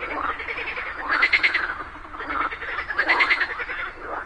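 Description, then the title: Chorusing frogs giving rattling, pulsed croaks, with two louder bursts standing out against continuous overlapping calls. A group of frogs calling together just after daytime rain. "Just after it rained during the day, a group of frogs happily cooperated perfectly, creating a symphony of nature."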